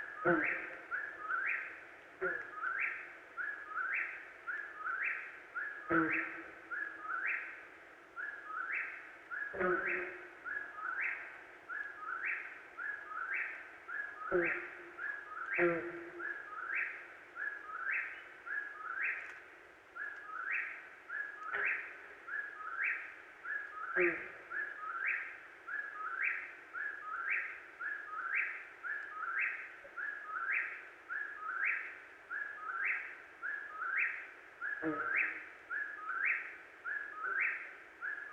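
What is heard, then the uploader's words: An eastern whip-poor-will calls over and over at a steady, fast rhythm, each clear whistled phrase repeating about once a second for the whole stretch. Occasional low thumps and knocks break in irregularly underneath, with a faint hiss behind it all. Sounds of Perch Lake: The Mesmerizing Persistence of the Eastern Whip-poor-will. This week we are, once again, on the shores of Perch Lake in Grand Traverse County, Michigan.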